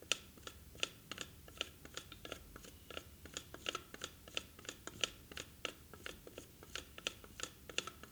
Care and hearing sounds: daily activity, guitar pickup as the sensor; fry

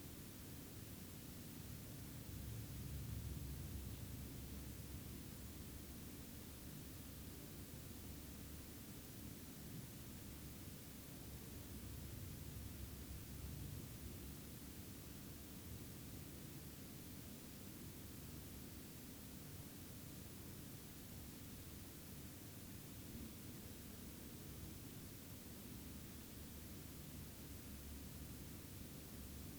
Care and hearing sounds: daily activity, guitar pickup as the sensor; lie down

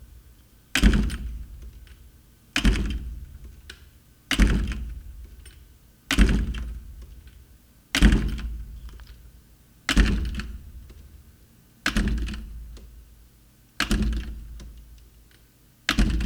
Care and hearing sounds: daily activity, guitar pickup as the sensor; manipulate door

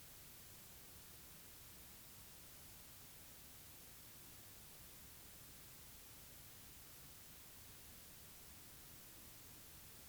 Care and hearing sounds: daily activity, guitar pickup as the sensor; sit

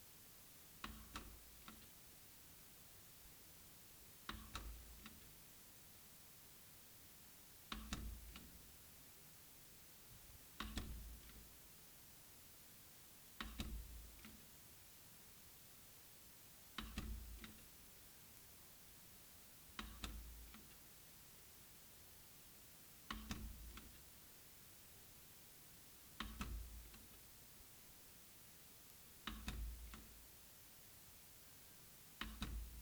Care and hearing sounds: daily activity, guitar pickup as the sensor; manipulate door

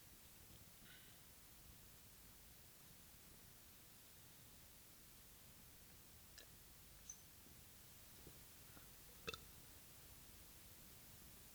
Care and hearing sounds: daily activity, guitar pickup as the sensor; drink water

